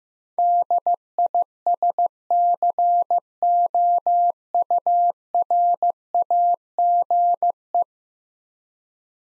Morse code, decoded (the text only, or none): DISCOURAGE